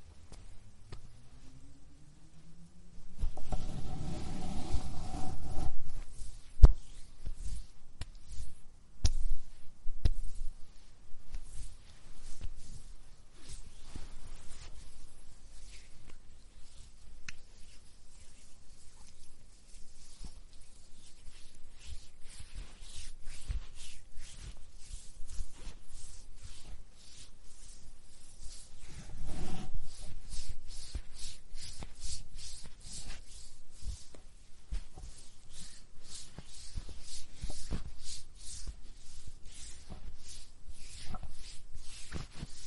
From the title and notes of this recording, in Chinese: 睡前擦拭涂抹身体乳助眠啦。